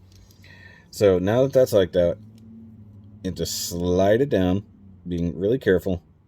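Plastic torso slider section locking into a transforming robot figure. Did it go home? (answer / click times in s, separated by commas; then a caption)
no / none. Someone talks while handling a plastic torso slider section on a NewAge Toys Transformers-style transforming robot figure (No 31 Carcel / No 32 Morbus), beginning to slide it down so it will snap into place and reveal the head. Only a few faint ticks are heard under the voice. Nothing has seated or clicked yet.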